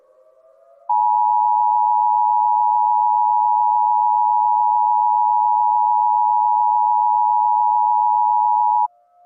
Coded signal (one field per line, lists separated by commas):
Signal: Emergency Alert System (SAME) tones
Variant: 853 and 960 Hz attention tone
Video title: EF100 [2ND REMASTER] - an EAS Scenario